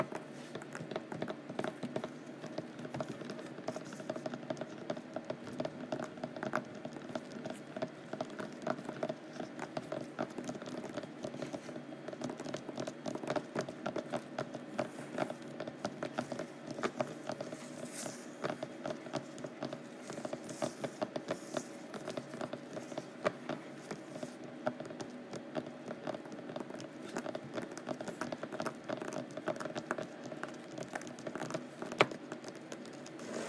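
Rough canvas is scratched and tapped in a dense, busy stream of small dry strokes that runs steadily for the whole stretch. The grainy rasping sits mostly in the low middle, with sharper, brighter taps poking out every second or so, one standing out near the end.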